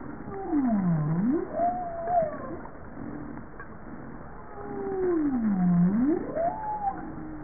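Bowhead whale calling with two U-shaped moans, each falling and then climbing into a higher wavering tone, several seconds apart against continuous low background noise.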